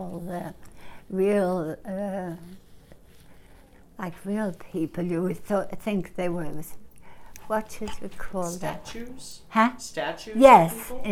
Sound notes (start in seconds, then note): none